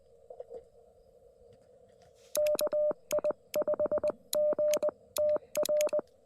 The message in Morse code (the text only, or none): KI5GTR